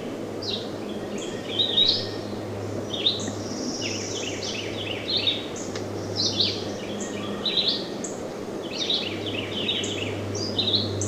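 Red-eyed vireo song: quick chains of short, high, slurred notes in close succession, with a droning low hum and general background noise.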